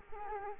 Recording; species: mosquito wingbeat signal from an infrared sensor; Culex quinquefasciatus